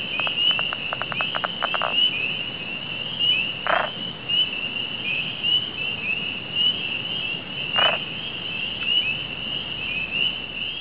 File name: pickerel